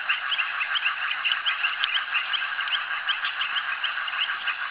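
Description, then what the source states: Dense frog chorus with quick, repeated higher chirps layered over a constant mid-pitched hum of many callers. Frogs calling at a jetty.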